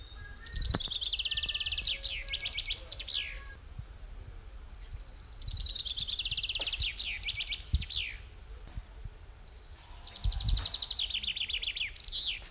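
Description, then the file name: Common chaffinch song: three bright, descending trills, each ending in a quick flourish, repeated about every five seconds over low rumbling background noise. "Fringilla coelebs"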